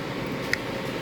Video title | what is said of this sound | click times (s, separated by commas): 2016 jeep cherokee rear wiper replacement | clicked in place and that's it | 0.5 s